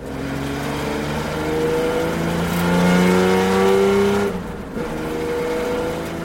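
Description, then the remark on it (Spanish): A car engine revs up steadily, its droning pitch rising and growing louder over a few seconds, then drops off abruptly and settles back to a lower rumble. “Y así puede que tu coche termine sonando así.”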